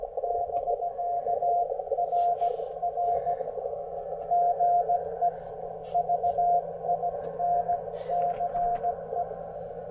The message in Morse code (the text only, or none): <BK> RR GE VINCE